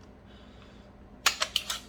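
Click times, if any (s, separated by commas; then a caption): 1.3 s. The magazine release button on a Palmetto State Armory PA-10 Gen 3 AR-10 rifle is pressed firmly, taking some extra force. The magazine unlatches from the magazine well with a sharp click at 1.3 s, followed by three more quick metallic clicks and rattles at about 1.4, 1.6 and 1.7 s as it releases. Before that there is only quiet background noise.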